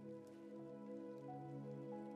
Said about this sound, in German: Oder das Rauschen des Regens. Einfach wunderschön.